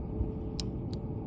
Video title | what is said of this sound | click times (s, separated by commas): Tool Review - Lint Eater Pro - HardworkingDad | and you can hear here engage and pop into place it's that easy | 0.6 s